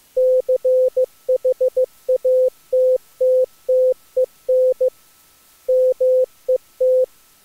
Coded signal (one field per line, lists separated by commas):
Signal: Morse code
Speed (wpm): 23 wpm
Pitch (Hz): 500 Hz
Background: none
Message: CHATTTEN MET